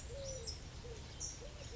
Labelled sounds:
Eurasian Collared Dove (Streptopelia decaocto)
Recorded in Sonoma County, California

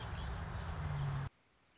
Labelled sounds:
Red-winged Blackbird (Agelaius phoeniceus)
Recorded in Sonoma County, California

